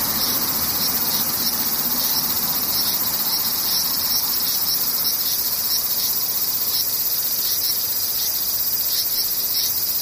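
Cicadas drone without a break, a dense, bright buzzing that holds steady across all ten seconds. Within the high whir, quick pulsing chirps repeat every second or so, while a softer, low hiss rumbles underneath the whole time.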